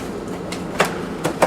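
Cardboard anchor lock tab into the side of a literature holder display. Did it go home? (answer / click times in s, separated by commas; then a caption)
no / none. A cardboard anchor lock tab is being folded and pushed toward its slot in the side of a literature holder display, with a few short knocks over a low background rumble. The sharpest knocks come at about 0.8 s and 1.4 s. The tab has not gone home yet, and nothing has seated or clicked.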